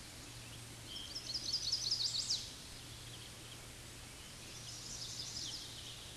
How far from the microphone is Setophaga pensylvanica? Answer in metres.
about 45 m